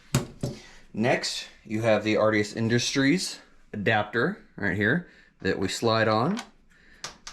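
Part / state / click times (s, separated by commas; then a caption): stock adapter onto shotgun receiver / seated / 7.0 s, 7.3 s. Someone talks while an RDS Industries stock adapter is slid onto the rear of the receiver of a Beretta 1301 Tactical shotgun during a Magpul stock install. Two sharp clicks sound at 7.0 and 7.3 seconds as the adapter seats in place.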